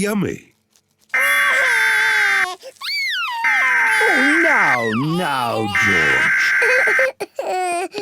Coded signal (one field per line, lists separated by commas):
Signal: Emergency Alert System (SAME) tones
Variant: header bursts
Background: speech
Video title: Peppa Pig Crying Compilation with EAS Alarm